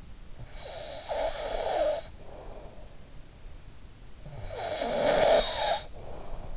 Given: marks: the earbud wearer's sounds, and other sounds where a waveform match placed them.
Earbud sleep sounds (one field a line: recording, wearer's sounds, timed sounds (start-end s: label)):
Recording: sounds in sleep by an in-ear microphone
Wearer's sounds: snoring breath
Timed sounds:
0.16-2.79 s: snoring breath
3.70-6.56 s: snoring breath